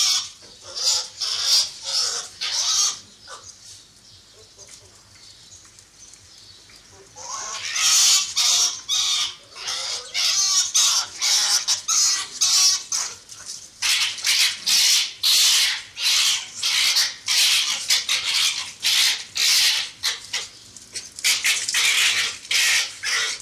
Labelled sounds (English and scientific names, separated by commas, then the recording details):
Arctic Fox (Vulpes lagopus)
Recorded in captivity
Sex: pair
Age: adult
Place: Zoologisches Institut der HUB, Berlin, DE
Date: 1957-06-01
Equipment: Elmetra
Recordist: Tembrock, Günter